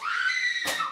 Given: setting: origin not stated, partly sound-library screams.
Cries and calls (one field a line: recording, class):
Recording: one-second piece from a danger detection set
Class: woman in danger